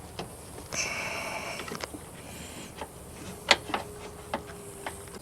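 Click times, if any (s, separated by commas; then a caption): 3.5 s. On a 2011–2014 Dodge Avenger, the driver's-side front turn signal bulb socket is worked back into the headlamp housing, with a scraping, rustling stretch of handling from about 0.7 to 1.8 seconds. It is twisted clockwise and locks in place with a sharp click at 3.5 seconds, followed by a softer tick just after and a few light handling taps.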